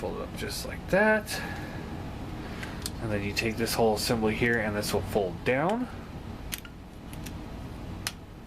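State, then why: Seated. Someone talks while folding down and squeezing a plastic assembly on an MP-10 Masterpiece Optimus Prime transforming robot figure during transformation, with light plastic clicks and handling sounds along the way. A sharp snap at 8.1 s marks the fold-down assembly locking into place in the figure's body.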